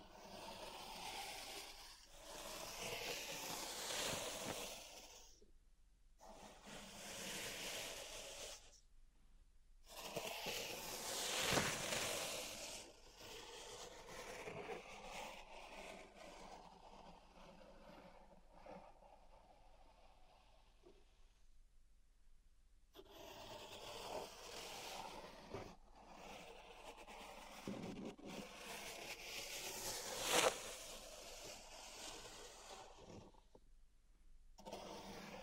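Pink salt being raked and scraped in a zen garden, with bright, gritty hissing strokes that come in bursts separated by short silences near 6, 9, 21 and 34 seconds. Sharper scratches stand out around 11 and 30 seconds, and a quieter, softer stretch fills the middle.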